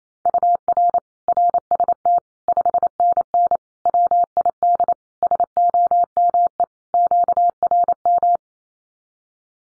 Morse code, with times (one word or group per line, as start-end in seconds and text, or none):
0.3-1.0 UR
1.3-2.2 RST
2.5-3.6 5NN
3.9-4.9 WID
5.2-6.6 SOME
6.9-8.4 QRM